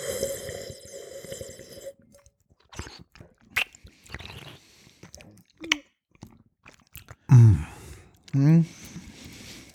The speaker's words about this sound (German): So, jetzt werde ich ein bisschen schlürfen, nicht erschrecken.